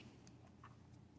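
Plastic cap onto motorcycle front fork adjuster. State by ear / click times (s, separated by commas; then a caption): seated / 0.3 s, 0.6 s. Plastic caps are pressed back onto the fork adjusters on top of the front fork tubes of a Moto Guzzi Breva 1200 Sport motorcycle after the front fork settings are adjusted. Faint clicks are heard at 0.3 s and 0.6 s as the caps click on and seat.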